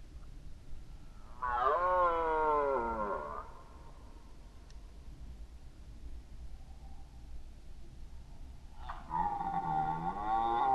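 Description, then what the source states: Red deer bellowing twice, each roar harsh and harmonic and falling in pitch, with a long quiet pause between them. Red deer roaring during the rut, 2011.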